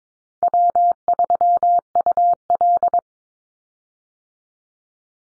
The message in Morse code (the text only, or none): W3UL